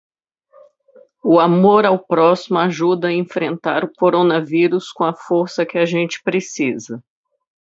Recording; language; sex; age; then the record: spoken sentence; Brazilian Portuguese; female; 40 to 49 years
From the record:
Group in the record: control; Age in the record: 41 years